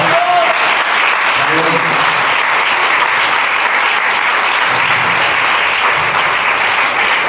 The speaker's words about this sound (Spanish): Den un aplauso al Rey, hermano, para Dios.